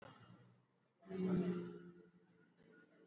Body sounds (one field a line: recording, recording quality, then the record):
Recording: sustained vowel as in beet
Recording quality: excellent, no background noise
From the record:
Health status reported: exposed to COVID-19, no respiratory illness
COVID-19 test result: not tested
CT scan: not taken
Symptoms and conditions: none ticked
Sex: male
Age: 30 years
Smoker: no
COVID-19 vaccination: both doses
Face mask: worn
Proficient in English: yes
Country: India